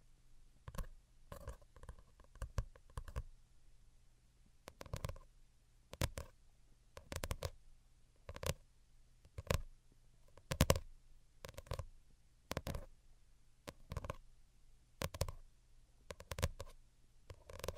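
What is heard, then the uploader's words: Delicate tapping comes in short clusters of quick, light taps, each burst lasting under a second with brief pauses between. The taps are crisp with a soft low thud beneath them, repeating fairly regularly throughout, over a steady low hum. Most Delicate and Calming Tapping. (No Talking).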